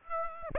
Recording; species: mosquito wingbeat signal from an infrared sensor; Aedes aegypti